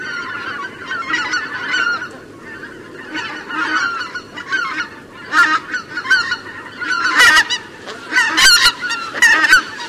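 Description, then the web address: Greater white-fronted goose: a flock calling, repeated high yelping honks overlapping and growing louder toward the end. Recorded 1 December 2021. "Oca. lombardella 1 dic 2021"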